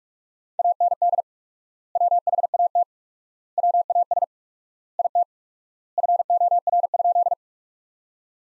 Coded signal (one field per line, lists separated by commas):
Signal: Morse code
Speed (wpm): 41 wpm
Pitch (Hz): 700 Hz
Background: none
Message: AND WHAT WAS IT FOR?